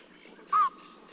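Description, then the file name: Eurasian bittern giving a single short, hoarse, nasal bark against a quiet hiss. Flight calls from two individuals. "Eurasian Bittern Flight Calls Of Two Individuals"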